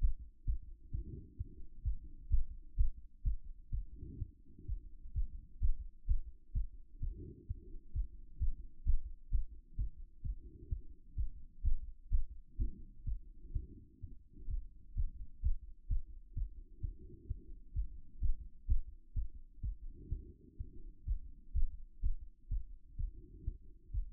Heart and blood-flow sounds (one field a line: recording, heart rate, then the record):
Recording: heart sounds by stethoscope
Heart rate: 128 bpm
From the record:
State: after exercise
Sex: female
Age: 26 years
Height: 180 cm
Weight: 85 kg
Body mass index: 26.23